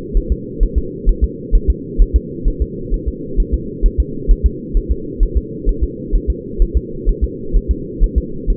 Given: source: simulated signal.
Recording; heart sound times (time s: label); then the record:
fetal heart sounds
0.17 s: S1
0.32 s: S2
0.63 s: S1
0.78 s: S2
1.09 s: S1
1.24 s: S2
1.55 s: S1
1.70 s: S2
2.01 s: S1
2.16 s: S2
2.48 s: S1
2.62 s: S2
2.94 s: S1
3.08 s: S2
3.40 s: S1
3.54 s: S2
3.86 s: S1
4.00 s: S2
4.31 s: S1
4.46 s: S2
4.77 s: S1
4.91 s: S2
5.23 s: S1
5.37 s: S2
5.69 s: S1
5.83 s: S2
6.15 s: S1
6.30 s: S2
6.62 s: S1
6.77 s: S2
7.09 s: S1
7.24 s: S2
7.56 s: S1
7.71 s: S2
8.04 s: S1
8.18 s: S2
8.50 s: S1
From the record:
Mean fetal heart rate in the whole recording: 130 bpm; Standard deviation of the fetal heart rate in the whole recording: 4 bpm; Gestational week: 38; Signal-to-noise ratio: -4.3 dB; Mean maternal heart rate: 72 bpm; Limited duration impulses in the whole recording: absent